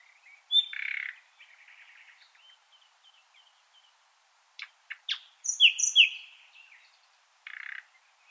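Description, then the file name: Common nightingale song phrases: a loud harsh burst early on, soft thin notes, then clicks and a bright high sweeping phrase. "Luscinia megarhynchos"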